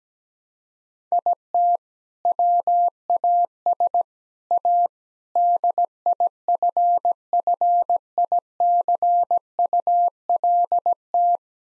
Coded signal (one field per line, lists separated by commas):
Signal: Morse code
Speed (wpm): 17 wpm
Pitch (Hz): 700 Hz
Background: none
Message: IT WAS A DIFFICULT